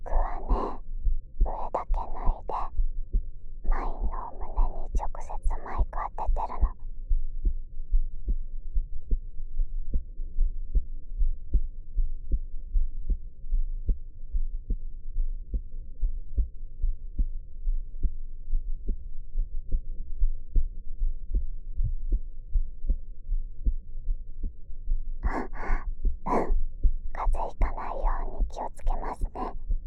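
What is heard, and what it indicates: Steady, regular low thumps at about 72 beats a minute: an adult woman's heartbeat picked up by the ear of a dummy-head microphone pressed to her chest. Soft whispered speech is heard at the start and end, over a faint constant hum.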